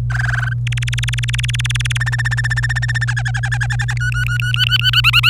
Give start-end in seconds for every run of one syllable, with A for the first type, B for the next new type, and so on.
0.10-0.53 A, 0.67-1.97 B, 2.00-3.05 C, 3.08-3.94 D, 3.97-4.91 E, 4.93-5.29 F